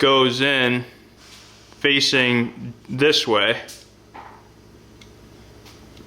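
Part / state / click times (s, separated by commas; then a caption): SIM card into a trail camera's SIM slot / not seated / none. A SIM card is turned to face the right way and lined up with the SIM slot of a Campark TC17 4G LTE cellular trail camera before being pushed in. Someone talks over light handling noise, with faint taps near 5.0 and 6.0 seconds. Nothing has seated or clicked yet.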